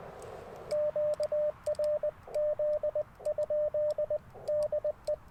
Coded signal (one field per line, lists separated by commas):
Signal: Morse code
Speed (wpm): 20 wpm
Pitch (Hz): 600 Hz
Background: radio noise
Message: QRZ? DE